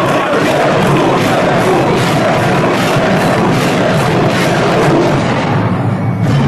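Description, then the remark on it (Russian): A dense, roaring wall of crowd noise from football fans at a match, heard by the player Zuev, with loud continuous shouting and cheering that swells in steady pulses throughout, no single voice standing out. “Камера движется вокруг Зуева, он слышит крики болельщиков.”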